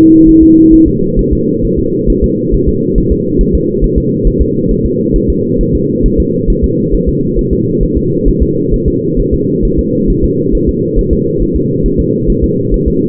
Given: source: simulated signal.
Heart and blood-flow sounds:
fetal heart sounds
0.29 s: S1
0.43 s: S2
0.74 s: S1
0.88 s: S2
1.19 s: S1
1.33 s: S2
1.65 s: S1
1.79 s: S2
2.10 s: S1
2.24 s: S2
2.54 s: S1
2.69 s: S2
2.98 s: S1
3.12 s: S2
3.41 s: S1
3.55 s: S2
3.84 s: S1
3.98 s: S2
4.27 s: S1
4.41 s: S2
4.71 s: S1
4.85 s: S2
5.16 s: S1
5.30 s: S2
5.61 s: S1
5.75 s: S2
6.06 s: S1
6.20 s: S2
6.50 s: S1
6.64 s: S2
6.94 s: S1
7.09 s: S2
7.39 s: S1
7.53 s: S2
7.83 s: S1
7.97 s: S2
8.28 s: S1
8.42 s: S2
8.74 s: S1
8.88 s: S2
9.20 s: S1
9.34 s: S2
9.65 s: S1
9.79 s: S2
10.10 s: S1
10.24 s: S2
10.55 s: S1
10.69 s: S2
10.99 s: S1
11.13 s: S2
11.42 s: S1
11.56 s: S2
11.86 s: S1
12.00 s: S2
12.30 s: S1
12.44 s: S2
12.74 s: S1
12.88 s: S2
From the record:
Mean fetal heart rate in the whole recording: 135 bpm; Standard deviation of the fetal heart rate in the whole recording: 3 bpm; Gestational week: 36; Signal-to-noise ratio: -11.2 dB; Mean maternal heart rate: 72 bpm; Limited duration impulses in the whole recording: present

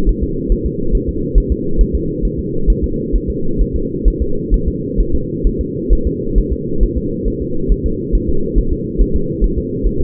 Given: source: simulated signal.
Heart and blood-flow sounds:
fetal heart sounds
0.09 s: S1
0.24 s: S2
0.52 s: S1
0.66 s: S2
0.95 s: S1
1.09 s: S2
1.38 s: S1
1.52 s: S2
1.81 s: S1
1.95 s: S2
2.25 s: S1
2.39 s: S2
2.70 s: S1
2.84 s: S2
3.15 s: S1
3.30 s: S2
3.62 s: S1
3.76 s: S2
4.08 s: S1
4.22 s: S2
4.54 s: S1
4.68 s: S2
5.00 s: S1
5.15 s: S2
5.47 s: S1
5.61 s: S2
5.93 s: S1
6.07 s: S2
6.38 s: S1
6.53 s: S2
6.83 s: S1
6.98 s: S2
7.28 s: S1
7.42 s: S2
7.72 s: S1
7.86 s: S2
8.15 s: S1
8.29 s: S2
8.58 s: S1
8.73 s: S2
9.01 s: S1
9.16 s: S2
9.44 s: S1
9.58 s: S2
9.87 s: S1
10.01 s: S2
From the record:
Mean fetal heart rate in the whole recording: 135 bpm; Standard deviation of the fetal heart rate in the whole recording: 3 bpm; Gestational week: 36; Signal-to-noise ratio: -8.1 dB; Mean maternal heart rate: 72 bpm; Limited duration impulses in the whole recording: absent

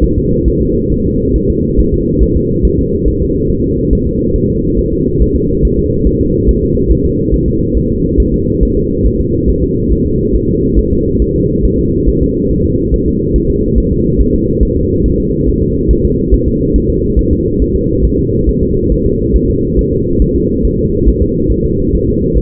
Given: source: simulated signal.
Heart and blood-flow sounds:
fetal heart sounds
0.04 s: S1
0.18 s: S2
0.48 s: S1
0.62 s: S2
0.92 s: S1
1.06 s: S2
1.36 s: S1
1.50 s: S2
1.79 s: S1
1.94 s: S2
2.23 s: S1
2.37 s: S2
2.65 s: S1
2.79 s: S2
3.08 s: S1
3.22 s: S2
3.50 s: S1
3.64 s: S2
3.93 s: S1
4.07 s: S2
4.36 s: S1
4.50 s: S2
4.79 s: S1
4.93 s: S2
5.22 s: S1
5.36 s: S2
5.65 s: S1
5.79 s: S2
6.07 s: S1
6.21 s: S2
6.49 s: S1
6.63 s: S2
6.91 s: S1
7.05 s: S2
7.34 s: S1
7.48 s: S2
7.77 s: S1
7.91 s: S2
8.20 s: S1
8.34 s: S2
8.63 s: S1
8.77 s: S2
9.06 s: S1
9.20 s: S2
9.49 s: S1
9.63 s: S2
9.92 s: S1
10.06 s: S2
10.35 s: S1
10.49 s: S2
10.79 s: S1
10.93 s: S2
11.22 s: S1
11.36 s: S2
11.65 s: S1
11.79 s: S2
12.08 s: S1
12.23 s: S2
12.51 s: S1
12.65 s: S2
12.94 s: S1
13.08 s: S2
13.36 s: S1
13.50 s: S2
13.78 s: S1
13.92 s: S2
14.21 s: S1
14.35 s: S2
14.63 s: S1
14.77 s: S2
15.06 s: S1
15.20 s: S2
15.48 s: S1
15.62 s: S2
15.91 s: S1
16.05 s: S2
16.34 s: S1
16.48 s: S2
16.76 s: S1
16.90 s: S2
17.19 s: S1
17.33 s: S2
17.62 s: S1
17.76 s: S2
18.05 s: S1
18.19 s: S2
18.49 s: S1
18.63 s: S2
18.92 s: S1
19.06 s: S2
19.36 s: S1
19.50 s: S2
19.79 s: S1
19.93 s: S2
20.22 s: S1
20.36 s: S2
20.65 s: S1
20.79 s: S2
21.08 s: S1
21.22 s: S2
21.52 s: S1
21.66 s: S2
21.95 s: S1
22.09 s: S2
22.38 s: S1
From the record:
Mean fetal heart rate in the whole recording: 140 bpm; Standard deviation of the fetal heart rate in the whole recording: 2 bpm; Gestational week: 34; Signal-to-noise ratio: -10.2 dB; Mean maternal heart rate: 72 bpm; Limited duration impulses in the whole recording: present

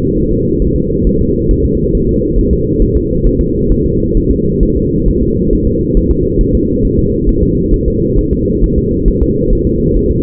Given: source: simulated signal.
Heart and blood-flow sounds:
fetal heart sounds
0.17 s: S1
0.32 s: S2
0.62 s: S1
0.76 s: S2
1.07 s: S1
1.21 s: S2
1.51 s: S1
1.65 s: S2
1.95 s: S1
2.09 s: S2
2.39 s: S1
2.53 s: S2
2.82 s: S1
2.97 s: S2
3.27 s: S1
3.41 s: S2
3.72 s: S1
3.86 s: S2
4.17 s: S1
4.31 s: S2
4.63 s: S1
4.77 s: S2
5.08 s: S1
5.23 s: S2
5.53 s: S1
5.67 s: S2
5.97 s: S1
6.11 s: S2
6.41 s: S1
6.55 s: S2
6.85 s: S1
6.99 s: S2
7.29 s: S1
7.43 s: S2
7.74 s: S1
7.88 s: S2
8.19 s: S1
8.33 s: S2
8.64 s: S1
8.78 s: S2
9.08 s: S1
9.23 s: S2
9.53 s: S1
9.67 s: S2
9.97 s: S1
10.11 s: S2
From the record:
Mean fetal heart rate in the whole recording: 135 bpm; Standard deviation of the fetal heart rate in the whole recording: 3 bpm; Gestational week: 36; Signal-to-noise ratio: -14.7 dB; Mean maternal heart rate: 72 bpm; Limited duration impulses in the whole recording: present

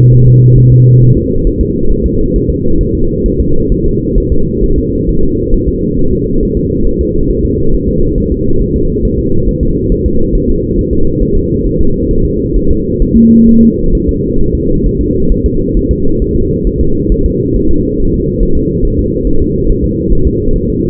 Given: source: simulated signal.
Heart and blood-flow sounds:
fetal heart sounds
0.14 s: S1
0.28 s: S2
0.58 s: S1
0.72 s: S2
1.03 s: S1
1.17 s: S2
1.47 s: S1
1.61 s: S2
1.92 s: S1
2.06 s: S2
2.36 s: S1
2.50 s: S2
2.81 s: S1
2.95 s: S2
3.26 s: S1
3.40 s: S2
3.72 s: S1
3.86 s: S2
4.18 s: S1
4.32 s: S2
4.64 s: S1
4.78 s: S2
5.09 s: S1
5.23 s: S2
5.54 s: S1
5.69 s: S2
5.99 s: S1
6.13 s: S2
6.43 s: S1
6.57 s: S2
6.87 s: S1
7.01 s: S2
7.31 s: S1
7.45 s: S2
7.74 s: S1
7.89 s: S2
8.18 s: S1
8.32 s: S2
8.62 s: S1
8.76 s: S2
9.05 s: S1
9.19 s: S2
9.49 s: S1
9.63 s: S2
9.92 s: S1
10.06 s: S2
10.35 s: S1
10.50 s: S2
10.79 s: S1
10.93 s: S2
11.22 s: S1
11.37 s: S2
11.67 s: S1
11.81 s: S2
12.11 s: S1
12.25 s: S2
12.57 s: S1
12.71 s: S2
13.02 s: S1
13.17 s: S2
13.49 s: S1
13.63 s: S2
13.95 s: S1
14.09 s: S2
14.41 s: S1
14.55 s: S2
14.87 s: S1
15.01 s: S2
15.32 s: S1
15.46 s: S2
15.77 s: S1
15.91 s: S2
16.22 s: S1
16.36 s: S2
16.67 s: S1
16.81 s: S2
17.12 s: S1
17.26 s: S2
17.56 s: S1
17.71 s: S2
18.00 s: S1
18.14 s: S2
18.43 s: S1
18.57 s: S2
18.85 s: S1
18.99 s: S2
19.27 s: S1
19.42 s: S2
19.70 s: S1
19.84 s: S2
20.13 s: S1
20.27 s: S2
20.56 s: S1
20.70 s: S2
From the record:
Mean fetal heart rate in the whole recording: 135 bpm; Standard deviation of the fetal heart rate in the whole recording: 3 bpm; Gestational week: 36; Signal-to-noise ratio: -17.7 dB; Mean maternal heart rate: 72 bpm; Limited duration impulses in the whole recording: present

